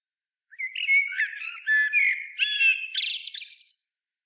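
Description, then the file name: Common blackbird song phrase: a mellow, fluty warble sliding around low-mid pitch, ending in a burst of high, squeaky twittering notes, with no other sounds. "Turdus merula"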